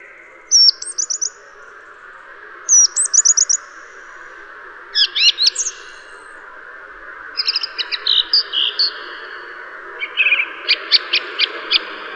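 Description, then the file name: Song thrush song of crisp, varied phrases of repeated notes with pauses between, over steady background noise. "suara kicauan burung song thrush. omkicau"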